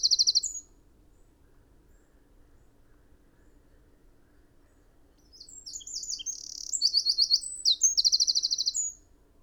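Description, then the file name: Eurasian wren song: a brief high note at the start, then after a quiet gap a fast, loud burst of very high, rattling trills and sharp warbled notes lasting about three and a half seconds. "Troglodytes troglodytes"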